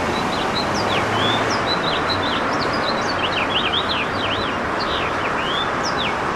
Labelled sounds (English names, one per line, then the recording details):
House Finch song
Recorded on Long Island, New York, on 21 June 2011
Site IT
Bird B